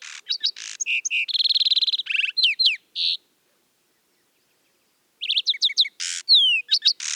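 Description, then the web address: Lark sparrow song: quick trills, buzzes and downslurred whistles, then about two seconds of silence before another varied burst of slurs and buzzy notes. "Lark Sparrow Calling"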